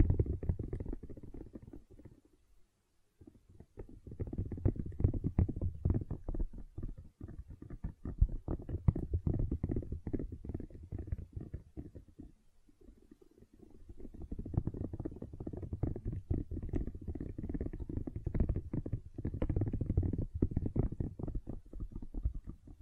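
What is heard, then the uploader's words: Gentle silicone sounds: soft, low squishing and rubbing in dense bursts of fine crackle, mostly below the midrange. The activity comes in long stretches, pausing briefly near 3 seconds and again around 12 to 14 seconds before resuming steadily to the end. ASMR Gentle Silicon Sounds for Sleep (No Talking).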